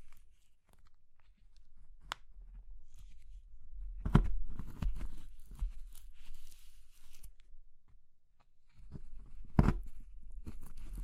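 Crushing and crumbling of brittle material, like soap, chalk or meringue, breaking apart. A sharp snap near two seconds, a dense burst of crunching around four to five seconds, quieter gritty rustling after, and another loud crack near nine and a half seconds. A low rumble runs underneath.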